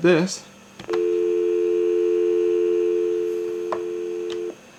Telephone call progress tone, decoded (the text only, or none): dial tone